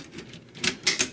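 A small plastic toy train mech is pressed into the side of a larger combining robot toy train. A few light plastic taps lead up to a sharp, bright click at 0.9 s as it seats into place, followed by another snap just after.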